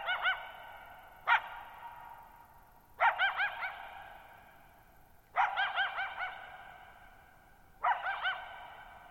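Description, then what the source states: Coyote calling in a series of yelping barks broken into quick wavering yips, spaced irregularly, each ringing on in long reverberation. Lone coyote at night, July 14, 2019, Thirtymile Meadows, Okanogan National Forest, Okanogan High Country, Pacific Northwest, 6400 ft (1950 m); high dry plateau, shallow-bowl meadow.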